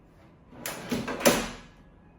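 A metal drawer slide rail on a car bed platform is pushed with a little force into its rail mount. Sharp metallic hits sound at 0.7, 1.1 and 1.3 s, the last being the loudest. The rail goes in and is seated.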